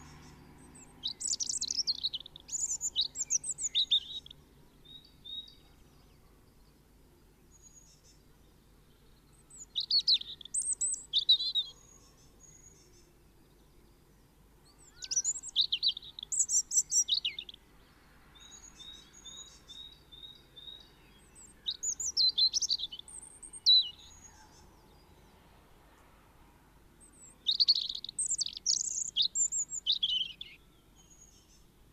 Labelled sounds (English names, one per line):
European Robin song